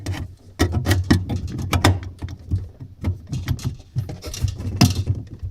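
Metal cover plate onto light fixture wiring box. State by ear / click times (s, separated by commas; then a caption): seated / 0.6 s, 4.8 s. A sheet-metal cover plate is refitted over the wiring box of a fluorescent light fixture, with the bottom going in first and then the tab pushed up, amid a series of sharp metallic clicks and rattles. Clicks are heard at 0.6 s and 4.8 s as the plate snaps into place, sealing the box.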